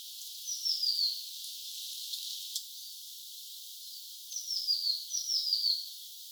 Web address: 16 6 2025 tuolla tavoin laulava sinitiainen